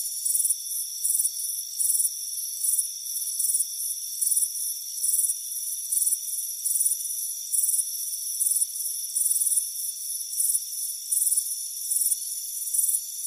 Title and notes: Soothing Crickets Chirping Sound. It's a warm afternoon as you relax in a hammock on the front porch. Relax and fall asleep to the soothing sound of chirping crickets. Deep Sleep Sounds